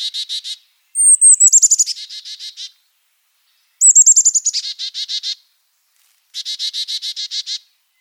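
Carolina Chickadee giving chick-a-dee calls: several bursts of rapidly repeated buzzy dee notes, two of them led by high thin descending notes, separated by short silences.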